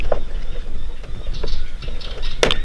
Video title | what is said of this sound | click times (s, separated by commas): How to Replace Ford Ranger Window Regulator PX Models 2013-2018 | Make sure you give it a nice push, you'll actually hear it click in. | 2.4 s